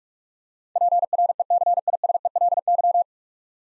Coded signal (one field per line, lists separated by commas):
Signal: Morse code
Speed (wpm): 42 wpm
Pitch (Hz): 700 Hz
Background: none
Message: PRECISELY